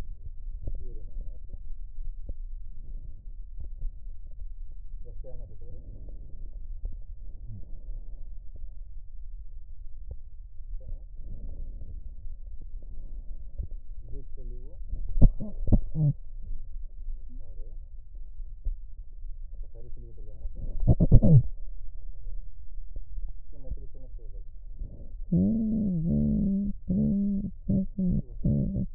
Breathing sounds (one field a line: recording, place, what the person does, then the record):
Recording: lung sounds by stethoscope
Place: right posterior apical chest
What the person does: quiet breathing, then cough and speech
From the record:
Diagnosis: COPD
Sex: female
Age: 72 years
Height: 156 cm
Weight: 72 kg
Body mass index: 29.6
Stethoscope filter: extended mode